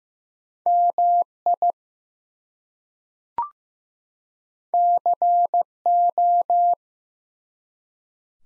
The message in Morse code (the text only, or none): MI CO